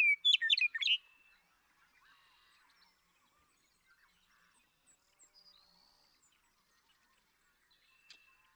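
Western meadowlark song: a short burst of loud, jumbled whistled and gurgling notes in the first second, followed by near silence with a few faint high chirps.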